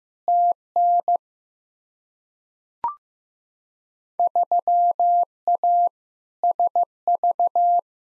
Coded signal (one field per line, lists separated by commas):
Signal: Morse code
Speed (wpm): 15 wpm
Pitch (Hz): 700 Hz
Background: none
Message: TN 3A SV